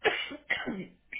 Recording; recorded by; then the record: voluntary cough; telephone call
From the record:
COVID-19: positive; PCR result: checked with the laboratory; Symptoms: yes